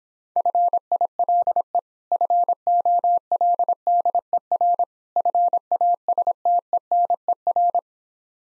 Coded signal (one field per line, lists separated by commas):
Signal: Morse code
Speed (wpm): 26 wpm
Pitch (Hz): 700 Hz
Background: none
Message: FILE FOLDER FASTENER